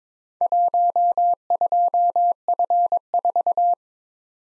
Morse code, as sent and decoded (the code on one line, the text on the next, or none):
.---- ..--- ..-. ....-
12F4